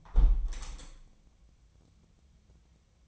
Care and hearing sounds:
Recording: daily activity, microphone in the room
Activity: close window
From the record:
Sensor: 1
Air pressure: 1014.9 hPa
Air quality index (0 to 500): 25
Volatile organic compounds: 0 ppm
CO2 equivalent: 500 ppm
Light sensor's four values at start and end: 10/25/10/11 and 10/25/10/11

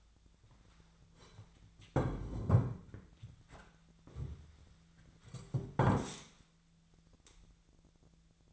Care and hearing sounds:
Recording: daily activity, microphone in the room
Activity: sit down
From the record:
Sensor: 3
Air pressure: 1008.1 hPa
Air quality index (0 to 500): 192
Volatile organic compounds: 14 ppm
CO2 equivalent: 2464 ppm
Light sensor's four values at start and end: 12/30/12/12 and 11/26/11/11

